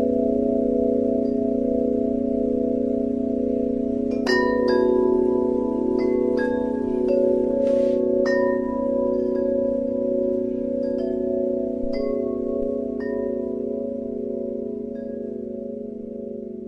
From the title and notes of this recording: Tibetan Bowls & 30hz Brain Waves. High frequencies using binaural beats and background music.